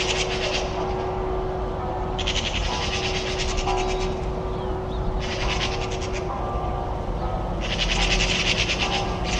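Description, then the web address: Bird calling pi pi pi pi: several bouts of rapid, rattling pulses separated by short pauses, with constant humming noise underneath. Call described as pi pi pi pi. "birddata Deverinetal 2025"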